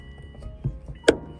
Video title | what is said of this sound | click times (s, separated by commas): 2005 Subaru WRX STI Mods! | latch is closed, | 1.1 s